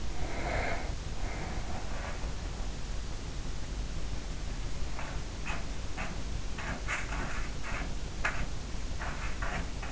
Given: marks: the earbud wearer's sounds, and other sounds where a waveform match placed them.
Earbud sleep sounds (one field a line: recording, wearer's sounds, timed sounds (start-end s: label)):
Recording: sounds in sleep by an in-ear microphone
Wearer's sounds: breath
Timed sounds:
0.00-1.74 s: breath
1.94-2.88 s: sound from someone else or the room